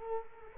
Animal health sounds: mosquito wingbeat signal from an infrared sensor; Culex quinquefasciatus

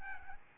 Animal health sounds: mosquito wingbeat signal from an infrared sensor; Aedes albopictus

